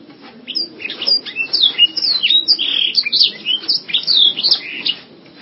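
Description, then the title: Canary song of fast, high chirps and trills in a steady burst. "Kenari"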